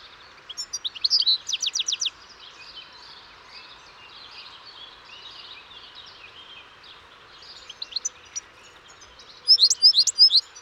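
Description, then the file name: European goldfinch song: a short run of rapid, high twittering notes, a long quiet gap with faint chatter, then another bright twittering burst at the end. "Carduelis carduelis"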